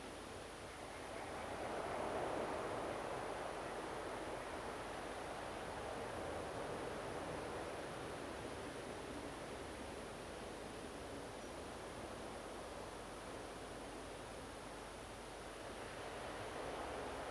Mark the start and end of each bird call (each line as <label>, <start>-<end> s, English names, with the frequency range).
European Robin (5.7-7.1 kHz), 11.38-11.51 s